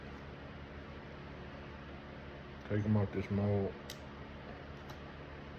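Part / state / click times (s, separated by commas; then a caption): removable veneer onto dental mold / seated / 3.9 s. A removable plastic veneer is handled at a tooth mold against a steady background hiss while someone talks. A short, sharp click is heard at 3.9 seconds as the veneer snaps on and seats onto the mold.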